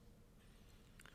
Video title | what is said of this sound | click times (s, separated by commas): Waltham Pocket Watch ! Can we get her running Again? | snap and the main spring seats correctly into the barrel | 1.0 s, 1.1 s